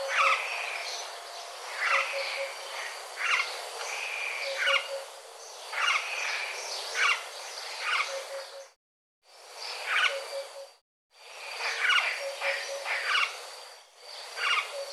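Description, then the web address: Bird calls: many short chirps and sweeping notes repeating irregularly, with two brief silent breaks and a steady faint hiss. "cianscape birddata Deverinetal"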